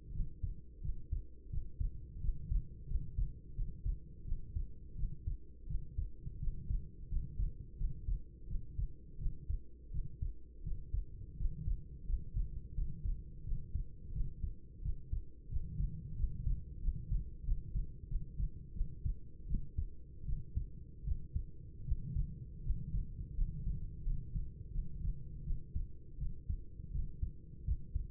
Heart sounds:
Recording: heart sounds by stethoscope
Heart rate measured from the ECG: 85 bpm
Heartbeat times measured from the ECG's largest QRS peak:
0.11 s: heartbeat
0.80 s: heartbeat
1.48 s: heartbeat
2.19 s: heartbeat
2.86 s: heartbeat
3.53 s: heartbeat
4.23 s: heartbeat
4.94 s: heartbeat
5.66 s: heartbeat
6.38 s: heartbeat
7.07 s: heartbeat
7.76 s: heartbeat
8.46 s: heartbeat
9.17 s: heartbeat
9.90 s: heartbeat
10.62 s: heartbeat
11.35 s: heartbeat
12.04 s: heartbeat
12.73 s: heartbeat
13.42 s: heartbeat
14.11 s: heartbeat
14.81 s: heartbeat
15.48 s: heartbeat
16.14 s: heartbeat
16.79 s: heartbeat
17.43 s: heartbeat
18.07 s: heartbeat
18.72 s: heartbeat
19.45 s: heartbeat
20.24 s: heartbeat
21.03 s: heartbeat
21.83 s: heartbeat
22.61 s: heartbeat
23.34 s: heartbeat
24.02 s: heartbeat
24.71 s: heartbeat
25.42 s: heartbeat
26.17 s: heartbeat
26.90 s: heartbeat
27.63 s: heartbeat
From the record:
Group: healthy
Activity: rest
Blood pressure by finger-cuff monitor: 107/62 mmHg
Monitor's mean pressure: 76 mmHg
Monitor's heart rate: 86 bpm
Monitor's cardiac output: 7 L/min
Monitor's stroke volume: 82 mL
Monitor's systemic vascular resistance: 780 dyn s/cm5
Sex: female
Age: 26 years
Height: 165 cm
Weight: 55 kg

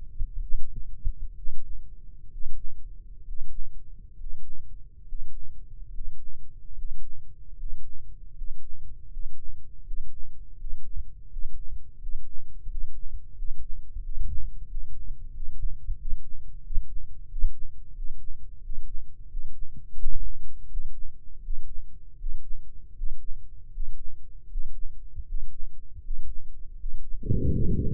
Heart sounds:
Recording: heart sounds by microphone in the left ear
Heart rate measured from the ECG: 80 bpm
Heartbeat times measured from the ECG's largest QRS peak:
0.40 s: heartbeat
1.34 s: heartbeat
2.29 s: heartbeat
3.22 s: heartbeat
4.13 s: heartbeat
5.02 s: heartbeat
5.87 s: heartbeat
6.71 s: heartbeat
7.52 s: heartbeat
8.30 s: heartbeat
9.06 s: heartbeat
9.80 s: heartbeat
10.54 s: heartbeat
11.26 s: heartbeat
11.96 s: heartbeat
12.65 s: heartbeat
13.32 s: heartbeat
13.99 s: heartbeat
14.65 s: heartbeat
15.30 s: heartbeat
15.95 s: heartbeat
16.60 s: heartbeat
17.26 s: heartbeat
17.92 s: heartbeat
18.60 s: heartbeat
19.27 s: heartbeat
19.96 s: heartbeat
20.67 s: heartbeat
21.40 s: heartbeat
22.16 s: heartbeat
22.93 s: heartbeat
23.70 s: heartbeat
24.47 s: heartbeat
25.24 s: heartbeat
26.00 s: heartbeat
26.76 s: heartbeat
27.49 s: heartbeat
From the record:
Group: healthy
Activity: breath hold 0-24 s, rest 24-28 s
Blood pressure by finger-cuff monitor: 115/73 mmHg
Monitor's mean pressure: 84 mmHg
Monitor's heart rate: 79 bpm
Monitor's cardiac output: 7.6 L/min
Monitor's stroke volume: 92 mL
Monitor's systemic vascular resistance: 800 dyn s/cm5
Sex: male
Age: 23 years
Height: 178 cm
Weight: 96.6 kg

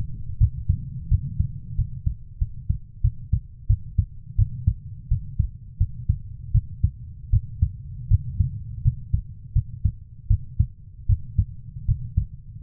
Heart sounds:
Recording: heart sounds by stethoscope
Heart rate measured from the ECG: 84 bpm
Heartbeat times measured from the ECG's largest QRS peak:
0.38 s: heartbeat
1.09 s: heartbeat
1.76 s: heartbeat
2.39 s: heartbeat
3.02 s: heartbeat
3.67 s: heartbeat
4.36 s: heartbeat
5.08 s: heartbeat
5.78 s: heartbeat
6.52 s: heartbeat
7.30 s: heartbeat
8.08 s: heartbeat
8.82 s: heartbeat
9.53 s: heartbeat
10.28 s: heartbeat
11.07 s: heartbeat
11.86 s: heartbeat
12.59 s: heartbeat
From the record:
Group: healthy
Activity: rest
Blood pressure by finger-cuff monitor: 121/74 mmHg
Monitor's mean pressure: 93 mmHg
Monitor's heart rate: 82 bpm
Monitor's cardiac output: 6.9 L/min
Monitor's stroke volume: 82 mL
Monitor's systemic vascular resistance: 990 dyn s/cm5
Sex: female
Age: 24 years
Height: 163 cm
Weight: 55.7 kg

